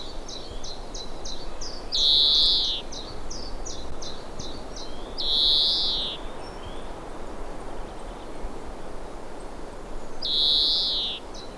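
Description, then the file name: European greenfinch wheezing: three long nasal buzzes spaced several seconds apart, with a series of brief high notes early on. "Chloris chloris"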